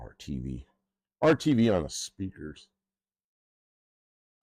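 A car interior speaker trim piece is being refitted into its mount in the interior panel after RTV was put on the speaker. Only someone talking is heard in short bursts, with silence after about 2.7 seconds. Nothing has seated or clicked yet.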